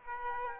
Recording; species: mosquito wingbeat signal from an infrared sensor; Aedes aegypti